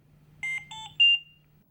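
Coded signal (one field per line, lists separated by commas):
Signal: alarm pattern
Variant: ventilator medium priority alarm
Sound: three short melodic beeps of different pitch, the last one loudest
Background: low electrical hum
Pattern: 3 short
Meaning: Medium priority alarm: requires prompt attention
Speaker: This is a medium priority alarm. You hear 3 beeps in a repeating pattern, and the audio pause button flashes yellow.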